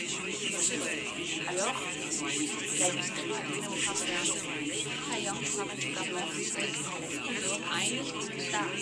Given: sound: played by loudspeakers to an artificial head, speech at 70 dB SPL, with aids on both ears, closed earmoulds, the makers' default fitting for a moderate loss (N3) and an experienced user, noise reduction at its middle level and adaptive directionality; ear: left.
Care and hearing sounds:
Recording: speech test signal (ISTS) in cocktail-party noise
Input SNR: -6 dB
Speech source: on the right (90 degrees)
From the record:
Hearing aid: class 2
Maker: E

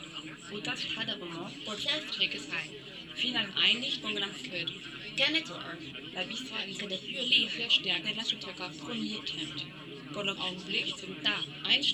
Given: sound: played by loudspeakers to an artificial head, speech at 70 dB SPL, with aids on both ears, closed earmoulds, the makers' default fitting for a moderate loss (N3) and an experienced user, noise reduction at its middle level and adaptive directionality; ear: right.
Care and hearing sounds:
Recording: speech test signal (ISTS) in cocktail-party noise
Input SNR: 0 dB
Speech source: on the right (90 degrees)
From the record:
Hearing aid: class 1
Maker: C

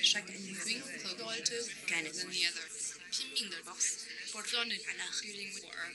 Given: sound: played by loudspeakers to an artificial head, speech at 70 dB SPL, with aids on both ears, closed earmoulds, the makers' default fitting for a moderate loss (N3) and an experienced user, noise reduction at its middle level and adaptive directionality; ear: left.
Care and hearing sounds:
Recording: speech test signal (ISTS) in cocktail-party noise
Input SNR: 0 dB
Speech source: in front (0 degrees)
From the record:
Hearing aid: class 1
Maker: H

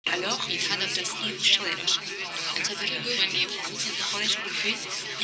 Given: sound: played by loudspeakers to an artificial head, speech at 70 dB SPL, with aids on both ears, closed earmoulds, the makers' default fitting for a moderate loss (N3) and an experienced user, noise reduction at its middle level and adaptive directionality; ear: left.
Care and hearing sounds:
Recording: speech test signal (ISTS) in cocktail-party noise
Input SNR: -3 dB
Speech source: in front (0 degrees)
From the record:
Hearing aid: class 2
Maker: A

